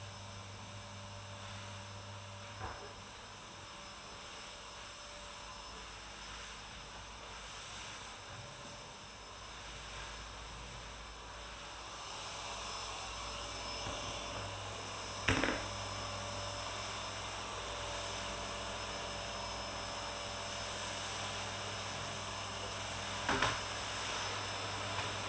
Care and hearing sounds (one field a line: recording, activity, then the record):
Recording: daily activity, microphone in the room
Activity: vacuum cleaning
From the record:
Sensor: 2